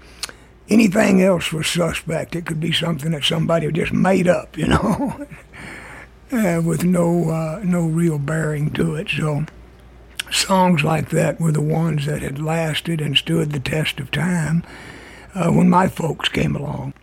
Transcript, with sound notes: Anything else was suspect. It could be something that somebody just made up, you know...
(SOUNDBITE OF LAUGHTER)
...with no real bearing to it. So songs like that were the ones that had lasted and stood the test of time when my folks came along.